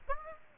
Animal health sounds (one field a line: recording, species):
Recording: mosquito wingbeat signal from an infrared sensor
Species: Aedes aegypti